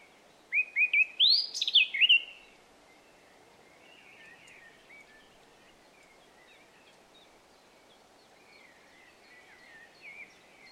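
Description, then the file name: Eurasian blackcap song: one loud, brief phrase of mixed warbled and whistled notes, followed by quieter warbling amid steady background hiss. "Sylvia atricapilla"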